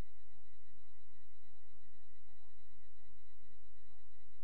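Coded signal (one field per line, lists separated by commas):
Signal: none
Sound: game music tones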